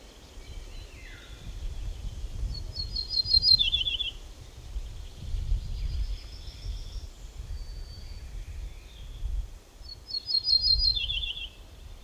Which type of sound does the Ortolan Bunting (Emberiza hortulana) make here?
song